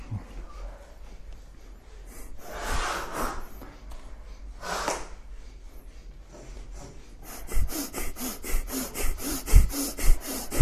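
Forceful nasal bellows breathing (a bhastrika yoga breathing exercise done powerfully through the nose), starting with a few long rasping breaths, then turning into a fast, steady, loud series of sharp sniffing inhales and exhales, with no talking.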